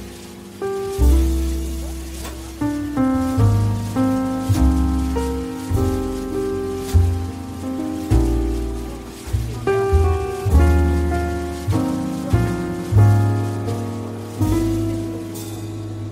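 Relaxed coffee shop music plays throughout, with a deep bass line and mellow chords changing every second or so in an even, unhurried rhythm. A soft, steady hiss like gentle rain or surf runs beneath the music the whole time.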